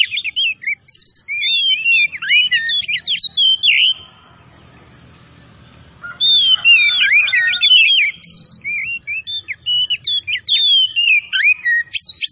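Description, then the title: Oriental magpie-robin singing in dense bursts of sweet whistles and chattering notes, pausing briefly midway before resuming, with a constant high tone behind. Singing vigorously (gacor). "Kacer Tretes"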